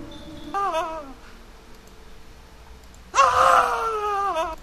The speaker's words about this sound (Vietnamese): Tiếng hét của Kim Ngưu làm cho sư tử và nhân mã nghe lạnh cả người.